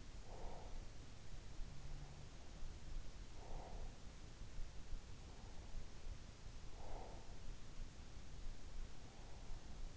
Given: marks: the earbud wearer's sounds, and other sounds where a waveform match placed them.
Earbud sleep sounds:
sounds in sleep by an in-ear microphone; breath
0.00-1.22 s: breath
3.16-4.36 s: breath
6.75-7.69 s: breath

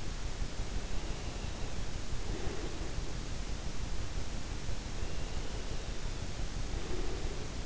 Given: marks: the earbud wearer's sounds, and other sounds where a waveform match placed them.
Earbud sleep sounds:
sounds in sleep by an in-ear microphone; breath
0.54-3.37 s: breath
5.12-7.66 s: breath

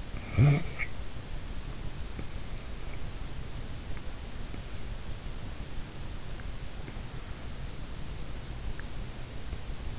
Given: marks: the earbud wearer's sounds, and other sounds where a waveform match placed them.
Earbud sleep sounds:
sounds in sleep by an in-ear microphone; snoring breath
0.00-0.98 s: snoring breath

